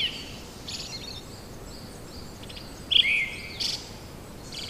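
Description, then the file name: Brown-headed thrush song: one clear whistled descending phrase with a short high trill after it, preceded by faint twitters, over steady hiss. "akahara"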